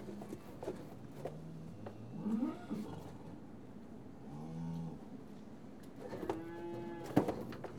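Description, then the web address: Cattle lowing, several soft moos scattered throughout with a louder one near the end, plus scattered knocks and clatter. Cattle in a yard after TB testing. "BBC Sound Effects Library Livestock Cattle TB Tested In Yard"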